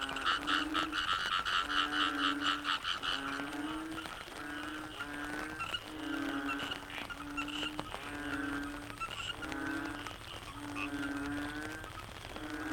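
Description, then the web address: Chorusing frogs: rhythmic bursts of pulsed croaks over evenly repeated low tonal notes, loudest at the start, then slightly softer. Wetland frog chorus recorded at Cherating wetlands, Malaysia. "yamaha frogs cherating wetlands. audio soundscape malaysia"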